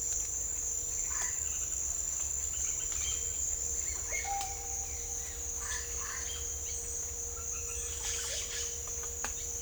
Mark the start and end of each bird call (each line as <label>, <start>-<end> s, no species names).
bird call, 1.03-1.39 s
bird call, 4.22-4.92 s
bird call, 5.59-6.27 s
bird call, 7.36-8.50 s